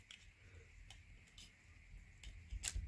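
A rear wiper blade for a 2011 Nissan Cube is pushed back onto the rear wiper arm by its plastic adapter. Small scraping ticks come at about 0.1, 0.9, 1.4 and 2.2 seconds, then a sharp snap at 2.7 seconds. The clip latches and the blade is seated.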